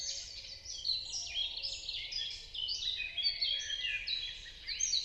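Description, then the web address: Bird chatter with blurred, overlapping high chirps, fairly soft, over faint background noise. "Deverinetal 2025. Bird Only"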